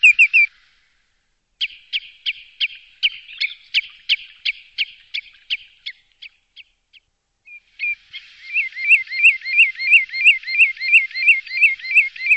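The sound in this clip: Bird calling: a long series of short, sharp chips that fade away, then a loud run of bright, evenly repeated notes.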